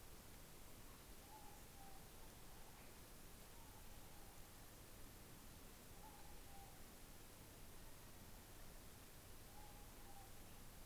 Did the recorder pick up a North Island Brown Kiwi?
no